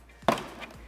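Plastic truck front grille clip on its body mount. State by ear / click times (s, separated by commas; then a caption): released / 0.3 s. A plastic wedge tool pushes up and off on the second side of the plastic front grille of a 2017–2019 Super Duty truck, unclipping the grille from its body mount. A sharp click sounds at 0.3 s as the side clip pops loose and releases.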